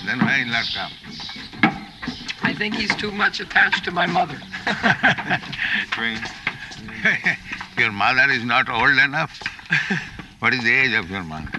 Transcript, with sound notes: Then why he'll not come?
I think he's too much attached to my mother.
[laughs] Your mother is not old enough? What is the age of your mother?